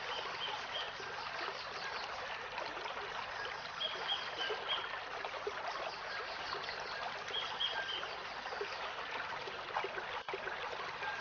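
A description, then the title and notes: Morning birdsong sits over a steady, dense hiss like trickling water that runs the whole time without change. Short high chirps stand out near four and eight seconds, and a single sharp click lands just after ten seconds. Bird sound in the morning (Suara burung di pagi hari).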